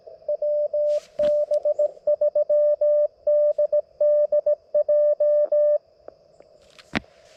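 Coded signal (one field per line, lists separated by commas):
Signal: Morse code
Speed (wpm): 20 wpm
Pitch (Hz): 610 Hz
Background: none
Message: WB3DDJ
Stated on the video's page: QRP CW Parks on the Air activation with an LNR Precision MTR-4B, using 66 feet of wire in a tree.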